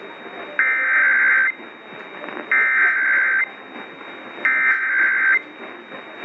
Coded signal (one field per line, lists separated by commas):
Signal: Emergency Alert System (SAME) tones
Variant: header bursts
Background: speech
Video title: GETTING ON MY LAST DAMN NERVE... EAS Alerts from 10/2/18 - 10/31/18 (EAS #1,879 - 1,899)